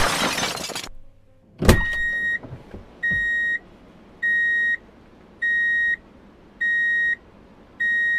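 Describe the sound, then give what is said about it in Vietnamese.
A rush of noise and a sharp crash, then a car horn in street traffic sounds in six evenly spaced, steady high-pitched honks, each about half a second long, with no talking. “Tiếng còi xe y ngỏi, Trâm không nghe thấy nữa.”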